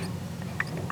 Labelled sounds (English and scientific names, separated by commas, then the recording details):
Green-rumped Parrotlet (Forpus passerinus) babbling
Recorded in a nest box in Venezuela
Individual 17B42A